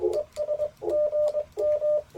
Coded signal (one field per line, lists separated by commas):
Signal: Morse code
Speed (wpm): 20 wpm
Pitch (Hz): 600 Hz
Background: none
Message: ES GM